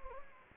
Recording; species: mosquito wingbeat signal from an infrared sensor; Anopheles gambiae